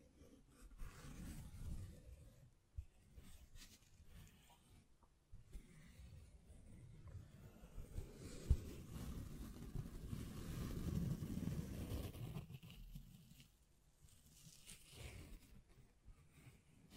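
Hands brush and scratch over the mic in uneven low rustling bursts, with sharp taps near three and eight and a half seconds.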